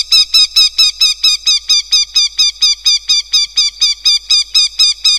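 Northern goshawk giving a continuous run of harsh kek notes, evenly and rapidly repeated, loud throughout.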